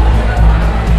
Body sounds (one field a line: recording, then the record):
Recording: background sound without coughing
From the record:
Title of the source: Party Noise 1 Hour Party Ambience